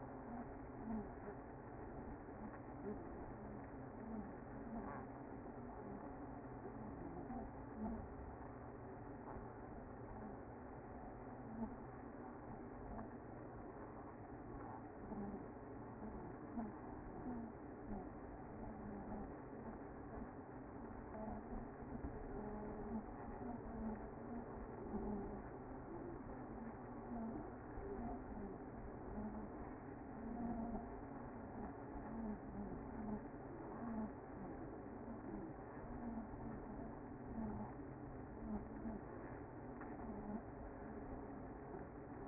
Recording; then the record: honeybee colony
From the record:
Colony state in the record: active